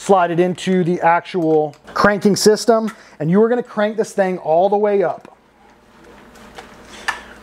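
Someone talks, then an Excalibur RevX crossbow is cocked with a crank handle, wound until the string is pulled back, with quiet winding after the talk stops. A faint tick comes at 6.6 s, then a sharp click at 7.1 s as the string latches into the trigger mechanism.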